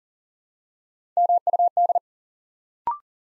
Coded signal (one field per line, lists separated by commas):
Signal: Morse code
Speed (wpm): 38 wpm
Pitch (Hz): 700 Hz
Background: none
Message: MUD